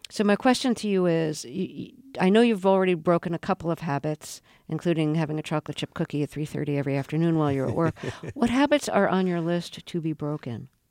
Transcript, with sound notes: So my question to you is, I know you've already broken a couple of habits, including having a chocolate chip cookie at every afternoon while you were at work.
(SOUNDBITE OF LAUGHTER)
What habits are on your list to be broken?